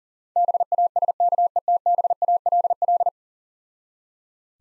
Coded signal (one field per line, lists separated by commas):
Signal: Morse code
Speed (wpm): 40 wpm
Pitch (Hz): 700 Hz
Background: none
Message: BASKETBALL